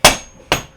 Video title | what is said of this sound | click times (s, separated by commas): DIY Fold Away Seated Calf Raise Machine (Pitched This To Rogue Fitness) (My Best Idea Yet...By Far!) | pull this guy to here. It's locked into place, totally secure. | 0.1 s, 0.5 s